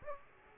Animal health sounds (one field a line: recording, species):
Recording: mosquito wingbeat signal from an infrared sensor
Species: Aedes aegypti